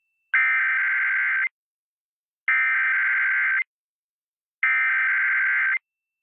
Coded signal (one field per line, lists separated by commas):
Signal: Emergency Alert System (SAME) tones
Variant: header bursts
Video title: eas test 1-12-21 c: to I forgot